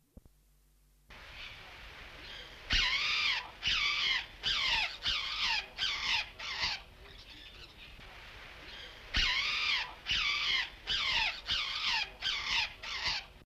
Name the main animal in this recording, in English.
Short-tailed Parrot